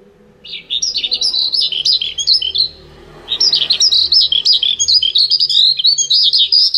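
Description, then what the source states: Horsfield's bush lark song in two bursts of rapid, chattering high notes separated by a brief pause. Vietnam-type song style.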